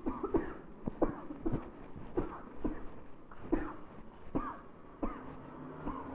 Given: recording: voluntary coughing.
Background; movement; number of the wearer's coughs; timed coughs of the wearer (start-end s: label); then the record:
traffic; walking; 10
0.04-0.31 s: cough
0.31-0.58 s: cough
0.99-1.37 s: cough
1.43-1.70 s: cough
2.14-2.54 s: cough
2.62-2.97 s: cough
3.49-3.91 s: cough
4.32-4.72 s: cough
5.00-5.26 s: cough
5.84-6.05 s: cough
From the record:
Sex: female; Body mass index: 36.4 kg/m2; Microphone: on the chest, facing the body